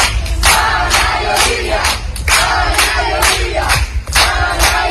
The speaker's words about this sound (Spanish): Ayer ciudadanos de todos los rincones de Canarias se sumaron a un aplauso masivo para mostrar su apoyo a la familia de las niñas.